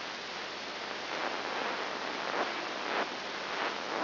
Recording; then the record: brain microelectrode recording played as sound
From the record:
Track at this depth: inside the subthalamic nucleus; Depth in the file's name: 4.302 mm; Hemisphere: left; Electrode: 3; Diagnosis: Parkinson's disease